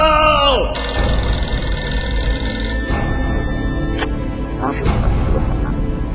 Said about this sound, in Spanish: ¡Chale, está sonando el teléfono! ¡No!